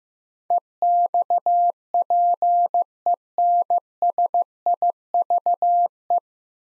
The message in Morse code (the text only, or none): EXPENSIVE